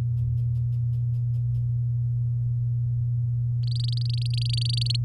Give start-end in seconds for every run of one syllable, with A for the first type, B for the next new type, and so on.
3.63-4.96 A